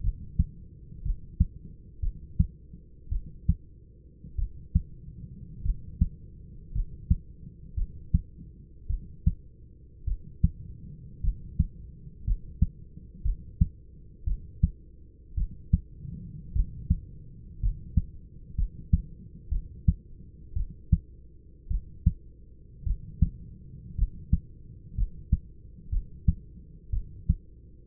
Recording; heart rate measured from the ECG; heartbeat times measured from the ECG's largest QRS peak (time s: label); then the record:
heart sounds by stethoscope; 56 bpm
0.01 s: heartbeat
1.03 s: heartbeat
2.00 s: heartbeat
3.09 s: heartbeat
4.36 s: heartbeat
5.63 s: heartbeat
6.72 s: heartbeat
7.75 s: heartbeat
8.87 s: heartbeat
10.05 s: heartbeat
11.21 s: heartbeat
12.24 s: heartbeat
13.23 s: heartbeat
14.25 s: heartbeat
15.35 s: heartbeat
16.53 s: heartbeat
17.60 s: heartbeat
18.55 s: heartbeat
19.49 s: heartbeat
20.54 s: heartbeat
21.68 s: heartbeat
22.84 s: heartbeat
23.96 s: heartbeat
24.95 s: heartbeat
25.90 s: heartbeat
26.91 s: heartbeat
From the record:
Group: healthy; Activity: rest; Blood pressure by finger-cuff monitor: 153/68 mmHg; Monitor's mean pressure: 95 mmHg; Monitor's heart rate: 54 bpm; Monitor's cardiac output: 6.1 L/min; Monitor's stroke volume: 112 mL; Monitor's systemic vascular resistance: 1130 dyn s/cm5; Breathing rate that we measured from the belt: 10 breaths a minute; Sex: male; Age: 25 years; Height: 170 cm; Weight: 70.4 kg